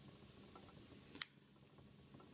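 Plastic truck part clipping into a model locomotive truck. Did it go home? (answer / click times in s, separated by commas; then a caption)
yes / 1.2 s. A small plastic part, likely a truck gear cover, is pressed back into the truck of an N scale Atlas Conrail GP7 model locomotive during reassembly after cleaning. Against a quiet low background, one sharp snap sounds at 1.2 s as the part clicks and seats in place.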